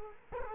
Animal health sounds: mosquito wingbeat signal from an infrared sensor; Culex quinquefasciatus

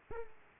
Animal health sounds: mosquito wingbeat signal from an infrared sensor; Aedes aegypti

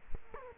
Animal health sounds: mosquito wingbeat signal from an infrared sensor; Culex quinquefasciatus

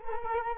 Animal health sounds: mosquito wingbeat signal from an infrared sensor; Culex quinquefasciatus

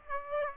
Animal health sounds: mosquito wingbeat signal from an infrared sensor; Aedes aegypti

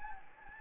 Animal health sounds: mosquito wingbeat signal from an infrared sensor; Anopheles gambiae

